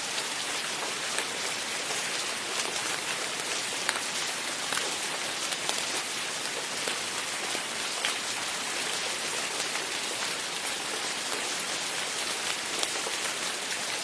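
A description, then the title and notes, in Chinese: Steady rain falls throughout, a dense, even hiss of countless drops with no pauses or build. The sound sits mostly in the bright upper range, with faint taps of individual drops now and then and little low rumble underneath. 大自然的下雨声。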